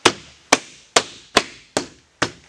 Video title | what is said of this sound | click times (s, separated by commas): Subaru Outback Speaker Upgrade Step-by-Step (Front & Rear) | long as it's centered nice you should hear all the snaps | 0.1 s, 0.5 s, 1.0 s, 1.4 s, 1.8 s, 2.2 s